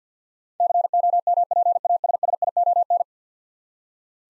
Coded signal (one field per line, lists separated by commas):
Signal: Morse code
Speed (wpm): 50 wpm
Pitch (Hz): 700 Hz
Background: none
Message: COMPASSION